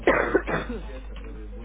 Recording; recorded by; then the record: voluntary cough; telephone call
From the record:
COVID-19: negative